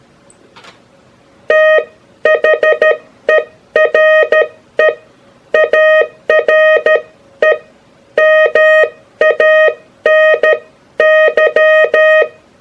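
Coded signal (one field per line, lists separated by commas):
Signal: Morse code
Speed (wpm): 13 wpm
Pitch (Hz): 620 Hz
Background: none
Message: THERE ARE MANY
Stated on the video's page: Morse sent on a J-47 straight key through a practice oscillator, with standard and Farnsworth timing.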